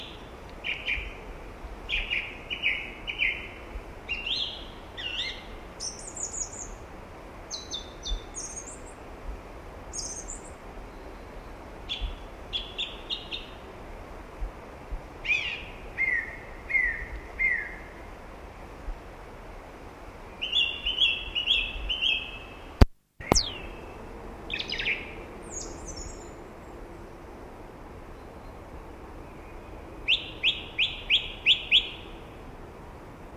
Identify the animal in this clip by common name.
Song Thrush